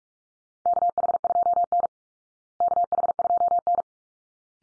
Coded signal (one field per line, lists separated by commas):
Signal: Morse code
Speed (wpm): 44 wpm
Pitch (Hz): 700 Hz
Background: none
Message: KH2N KH2N